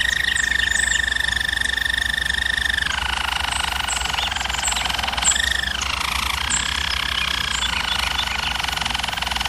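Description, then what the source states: German Roller canary singing long, steady rolling tones, first higher, then stepping down to a lower continuous roll with a brief rise. Singing, used for canary song training.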